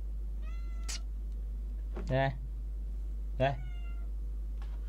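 A cat meows twice, a couple of seconds apart. Each call is short and mid-pitched with a slight rise and fall, over a steady low hum and faint background chirps.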